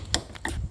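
The locking lever of a plastic headlight bulb socket in an Audi Q3 headlight assembly is pushed toward the rear of the car with a screwdriver. Sharp clicks sound at 0.1 s and 0.5 s over a low rumble, and the socket is released.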